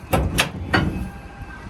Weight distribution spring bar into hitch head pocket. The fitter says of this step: It'll snap in there? It'll snap right in. You see how it stays in place?